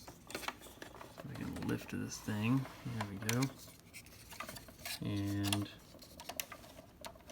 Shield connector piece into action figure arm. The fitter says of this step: just pop right like that and actually fits snug with the arm